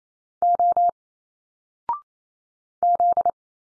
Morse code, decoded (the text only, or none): O Z